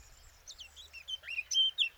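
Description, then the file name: Eurasian blackcap song: one rapid warbled phrase of slurred, descending and rising notes, growing louder and ending on a couple of clear, bright whistles. "Sylvia atricapilla"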